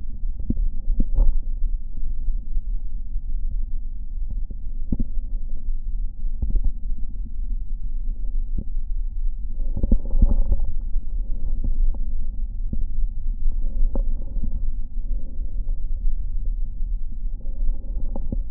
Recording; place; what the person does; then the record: lung sounds by stethoscope; left posterior basal chest; quiet breathing, then deep breathing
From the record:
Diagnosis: COPD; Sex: male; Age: 85 years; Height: 183 cm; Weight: 88 kg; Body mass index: 26.3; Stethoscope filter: diaphragm mode